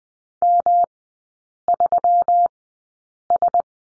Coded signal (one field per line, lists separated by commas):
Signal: Morse code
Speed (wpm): 20 wpm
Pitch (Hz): 700 Hz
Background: none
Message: M3S